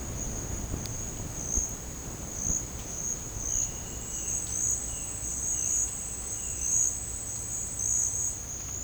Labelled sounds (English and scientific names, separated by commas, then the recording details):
none
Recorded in dense forest near Puerto Asís, Putumayo, Colombia, on 20 December 2024 at 11:30
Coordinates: 0.481, -76.323
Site G100